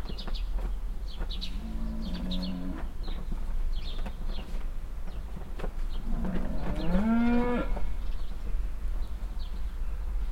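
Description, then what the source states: Cow lows twice, a shorter quieter moo early on, then a louder drawn-out moo near the end, with birds twittering throughout over a low rumble. Farmstead beside a willow in Heiderscheid; one cow moos constantly and loudly while moving behind a bush; chirping birds.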